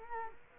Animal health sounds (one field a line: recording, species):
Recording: mosquito wingbeat signal from an infrared sensor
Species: Culex quinquefasciatus